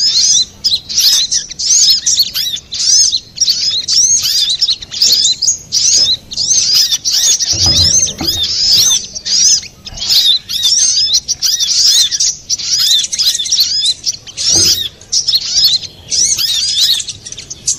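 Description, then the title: Little spiderhunter song of rapid, bright chirps and trills in bursts with brief breaks, and two soft low thumps. Master recording for training cage birds. "Masteran Burung Sogok Ontong Labaik"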